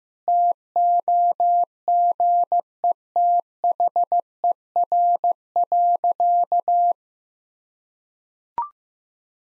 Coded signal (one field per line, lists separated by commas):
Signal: Morse code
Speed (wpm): 15 wpm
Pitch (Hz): 700 Hz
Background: none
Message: TOGETHER.